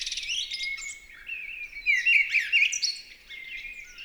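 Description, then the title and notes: Mistle thrush singing rich, fluty phrases with softer twittering notes between them. Recorded 28 March 2020 at Val Maravel in stereo on a Nagra LB with an MKH40 microphone; exceptional listening with no aircraft overhead; bird singing in full vocal fervour. "UNE DRAINE ENCHANTEE. 28 mars 2020-Val Maravel. Grive draine (Turdus viscivorus) dans toute sa ferveur vocale"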